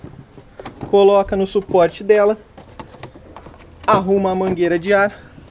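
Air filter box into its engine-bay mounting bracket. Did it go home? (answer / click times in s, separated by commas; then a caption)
no / none. Someone talks while handling the plastic air filter/resonator box of a Peugeot 206, which was running weak with water in the air filter, as it goes toward its engine-bay mounting bracket and the air hose is arranged. Short plastic knocks and taps are heard around 0.6–0.8 s and again between 2.6 and 3.4 s. Nothing has seated or clicked into the bracket yet.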